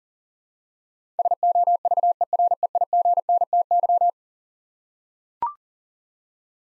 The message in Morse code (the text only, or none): SOVEREIGNTY